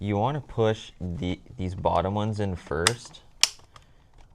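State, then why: Seated. Someone talks while the bottom clips of a plastic radio control panel are rocked and pushed into the dash bezel of a 2014-2018 Chevrolet Silverado/GMC Sierra. A sharp click at 3.4 s marks the clips snapping in, followed by a few faint ticks, and the panel is seated.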